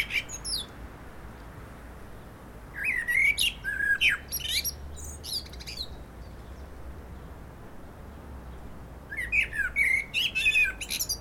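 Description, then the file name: Common blackbird song: a brief high twitter, then a rich fluting warble ending in squeaky high notes, and a further warbled phrase near the end. "Turdus merula"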